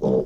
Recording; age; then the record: pig call; piglet (1 to 25 days)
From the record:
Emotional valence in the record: negative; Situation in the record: long isolation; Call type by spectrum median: low-frequency call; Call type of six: low-frequency modulated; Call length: 0.27 s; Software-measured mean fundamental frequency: 62 Hz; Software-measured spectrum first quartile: 216 Hz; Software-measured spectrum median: 387 Hz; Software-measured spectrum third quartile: 481 Hz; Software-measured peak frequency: 443 Hz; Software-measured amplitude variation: 136 dB a second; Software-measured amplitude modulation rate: 24.5 a second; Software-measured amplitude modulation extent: 5.6 dB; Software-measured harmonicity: 3.5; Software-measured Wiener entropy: -0.83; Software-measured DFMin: 1074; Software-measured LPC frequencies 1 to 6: 454, 3555, 4941, 5696, 7248, 9016 Hz